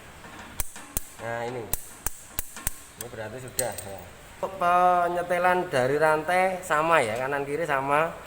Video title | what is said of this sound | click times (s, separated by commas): VIDIO PEMBELAJARAN SERVICE REM TROMOL | n me ya kita coba sampai kunci momennya ini nanti dia bunyi klik Nah | 0.6 s, 1.0 s